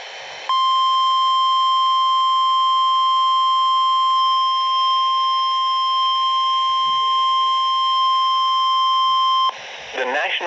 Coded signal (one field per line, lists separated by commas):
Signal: Emergency Alert System (SAME) tones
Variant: 1050 Hz attention tone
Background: speech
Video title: NOAA weather radio: severe thunderstorm warning